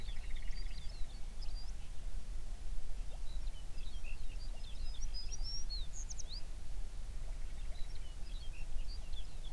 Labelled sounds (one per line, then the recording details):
songbird
grouse or ptarmigan
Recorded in the Prudhoe Bay oil fields, Alaska, on 11 June 2019 at 04:35
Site 21